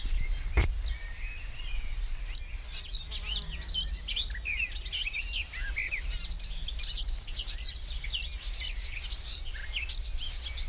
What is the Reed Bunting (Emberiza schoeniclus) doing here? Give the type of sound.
song